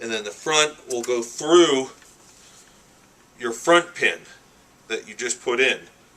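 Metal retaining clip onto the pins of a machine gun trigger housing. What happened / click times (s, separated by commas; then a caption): Handled, not yet home: no seating click yet / none. Someone talks while handling a metal retaining clip for an M60E4 conversion kit, hooked on the rear pin of a machine gun trigger housing and about to go over the front pin. Only speech is heard between quiet pauses, and the clip has not snapped or seated yet.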